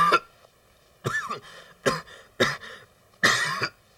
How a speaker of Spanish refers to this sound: Esta maldita tos.